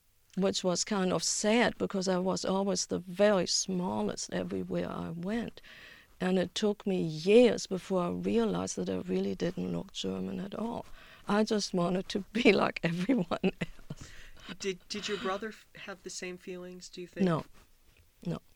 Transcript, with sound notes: which was kind of sad because I was always the very smallest everywhere I went, and it took me years before I realized that I really didn't look German at all. I just wanted to be like everyone else. (she laughs)
Did your brother have the same feelings, do you think?
No, no.